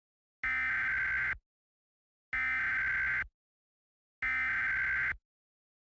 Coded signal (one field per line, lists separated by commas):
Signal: Emergency Alert System (SAME) tones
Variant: header bursts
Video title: Green Virus Part III (+ The Frustrated Kitty, MistfulSkye, Dark Deception Gamer) (EAS Scenario)